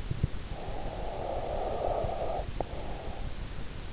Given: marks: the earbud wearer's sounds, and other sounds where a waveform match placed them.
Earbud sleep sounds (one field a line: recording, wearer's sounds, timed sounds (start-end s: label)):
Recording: sounds in sleep by an in-ear microphone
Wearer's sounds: breath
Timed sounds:
0.42-3.52 s: breath